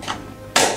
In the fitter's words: užsispaudžia užsifiksuoja papildomas tas tai vat e apžvelgiant šitą dviratuką